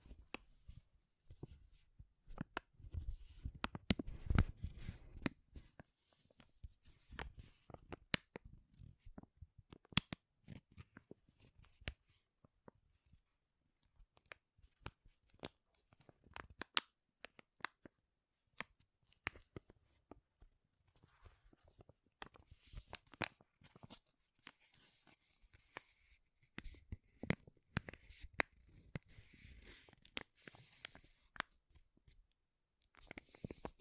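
Powerful crinkles sound in dense, irregular bursts of sharp crackling and crunching, with a cluster of heavier, louder handling near five seconds.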